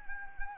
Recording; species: mosquito wingbeat signal from an infrared sensor; Anopheles arabiensis